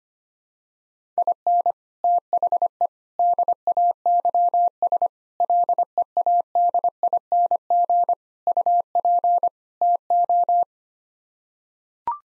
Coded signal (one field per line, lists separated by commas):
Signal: Morse code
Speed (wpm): 25 wpm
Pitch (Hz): 700 Hz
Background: none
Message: IN THE DAYS LEADING UP TO